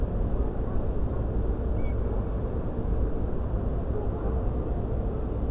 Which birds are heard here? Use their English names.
Eurasian Stone-curlew